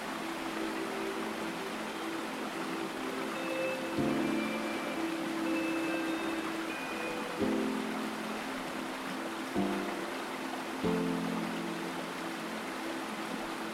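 Steady rushing water fills the clip, a dense, even hiss like rain or a stream. Beneath it, soft sustained low notes hold and shift to new chords around 4, 7.5, 9.5 and 11 seconds, with faint higher tones drifting above.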